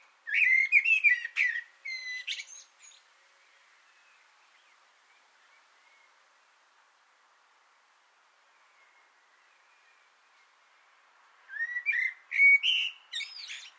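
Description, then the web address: Common blackbird delivering two warbled, flute-like song phrases with shrill twittering ends, separated by a long pause. Sung from an antenna, 6 June 2025. "sammel Naturinspelningar Koltrast på antennen 2025 06 06"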